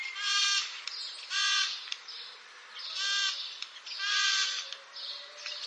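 Eurasian jay giving four hoarse, rasping screeches, each about half a second long.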